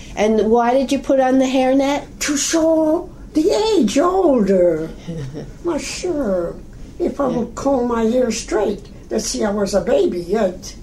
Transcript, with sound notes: And why did you put on the hairnet?
To show the age, older! (laughs) Why sure, if I were comb my hair straight they'd see I was a baby yet.